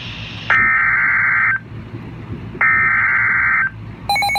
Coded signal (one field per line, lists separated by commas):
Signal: Emergency Alert System (SAME) tones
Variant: header bursts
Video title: Flash flood warning (6/23/16) (EAS #72)